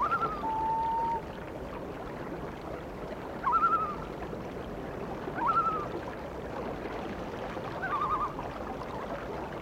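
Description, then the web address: Loon calls: a short flat held tone followed by three brief rising, quavering calls spaced a couple of seconds apart, over background hiss. "A Természet hangjai - Madárdal Sounds of Nature - Cry of the Loon"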